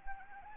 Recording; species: mosquito wingbeat signal from an infrared sensor; Anopheles arabiensis